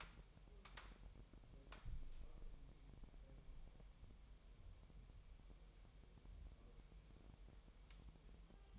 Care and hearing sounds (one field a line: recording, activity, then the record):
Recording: daily activity, microphone in the room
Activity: wipe stove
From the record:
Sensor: 1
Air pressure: 1001.0 hPa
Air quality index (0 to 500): 249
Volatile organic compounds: 148 ppm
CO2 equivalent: 4015 ppm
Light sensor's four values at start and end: 12/28/11/12 and 12/28/12/12